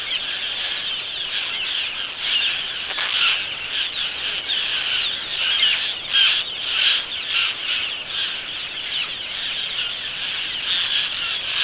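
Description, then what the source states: Roseate tern chorus, harsh rasping and squealing calls from many birds, steady throughout with louder clustered bursts near the middle and end. Seabird recording of general vocalizations of roseate terns.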